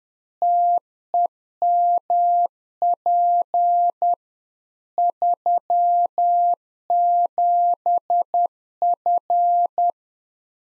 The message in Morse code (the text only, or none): TEMP 37F